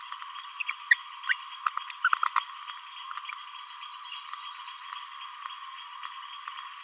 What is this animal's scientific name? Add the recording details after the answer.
Forpus passerinus. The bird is a female. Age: 31 days. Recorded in a nest box in Venezuela. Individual 17B42A2